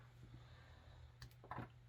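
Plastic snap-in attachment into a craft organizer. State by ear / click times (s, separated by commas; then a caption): not seated / none. A small plastic liner attachment is pushed hard into a craft storage organizer piece, where it is meant to snap in. Over a steady low hum, a few small plastic knocks land at about 1.2, 1.3 and 1.5 seconds, but none of them is a snap. The attachment has not seated or clicked in.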